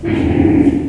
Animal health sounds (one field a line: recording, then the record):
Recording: squeal of a Yucatan mini pig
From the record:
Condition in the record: before surgery on the right vocal fold (resection and tissue-engineered implant)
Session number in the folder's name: 1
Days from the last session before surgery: -21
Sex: female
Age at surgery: 19 weeks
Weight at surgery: 25 kg